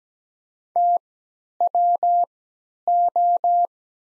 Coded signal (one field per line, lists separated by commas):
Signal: Morse code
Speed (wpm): 17 wpm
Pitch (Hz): 700 Hz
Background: none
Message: TWO